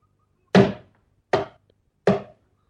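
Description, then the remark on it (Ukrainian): Three loud, sharp knocks from a grandmother knocking though the door is not locked, at a slow, even pace, each a solid thud that dies away quickly, with quiet gaps between them and no voices. “А чего яна стукает?”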